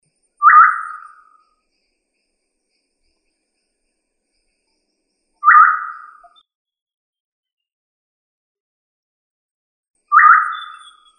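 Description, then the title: Quail calling: three short, slurred notes that fall in pitch, each given about every five seconds, with silence between them. "Familia Tinamidae - Quail - Puyuh"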